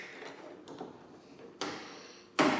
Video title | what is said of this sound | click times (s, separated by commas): MK4 Door Handle Assembly (Scott Baby Update!) | and there we go now it's clicked in place and that's all you have to do | 2.4 s